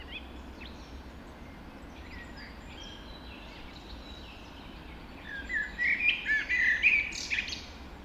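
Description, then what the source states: Birds in chorus, soft scattered chirps at first, then a burst of louder whistled phrases over the final three seconds. Dawn chorus recorded just after dawn in the Forest of Dean.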